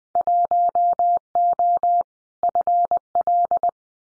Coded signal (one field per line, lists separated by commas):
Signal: Morse code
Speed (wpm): 20 wpm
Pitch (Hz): 700 Hz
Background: none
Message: 1O FL